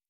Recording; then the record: hydrophone in a shrimp aquaculture tank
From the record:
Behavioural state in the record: normal